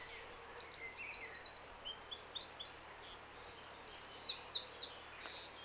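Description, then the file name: Eurasian wren song, a long, rapid outpouring of high, sharp trills and notes running almost unbroken throughout. "Troglodytes troglodytes"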